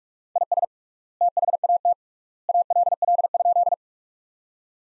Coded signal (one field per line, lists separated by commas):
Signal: Morse code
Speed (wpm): 42 wpm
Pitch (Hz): 700 Hz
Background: none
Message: IS THAT ALL?